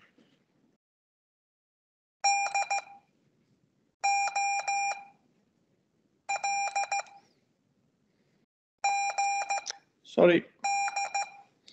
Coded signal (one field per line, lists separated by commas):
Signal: Morse code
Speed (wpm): 15 wpm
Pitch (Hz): 800 Hz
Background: speech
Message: D O L GD